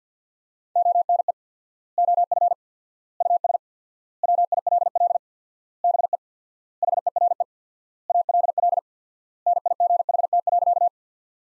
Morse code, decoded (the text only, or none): ONE OF US WILL BE HERE ALL NIGHT.